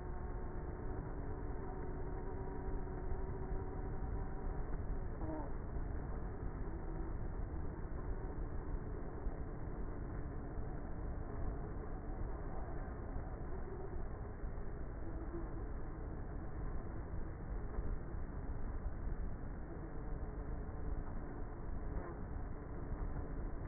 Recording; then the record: honeybee colony, microphone inside the hive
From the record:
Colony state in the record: queenless with a low population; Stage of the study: before two queens were removed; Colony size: about 30,000 bees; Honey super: no